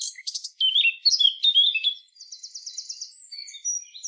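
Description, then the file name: Eurasian blackcap song: fast scratchy chattering notes followed by an even buzzy trill and thin high whistled notes. "Sylvia atricapilla"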